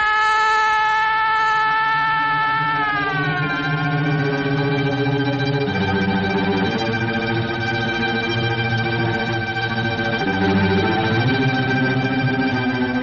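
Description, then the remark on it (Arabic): A loud police siren from a TV drama wails continuously, its high tone bending downward early on, then holding steady with shifting pitch over a low engine-like rumble, no voices present. “بوليس؟ يا نهار اسود يا رجالة، والله انقبض عليك يا دردير.”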